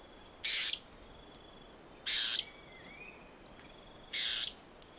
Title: LuckyPassaro Completos2Sama. Dusky-tailed Antbird (Drymophila malura)